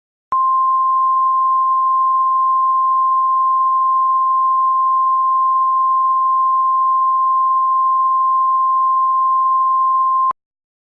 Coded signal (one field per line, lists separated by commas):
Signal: Emergency Alert System (SAME) tones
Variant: 1050 Hz attention tone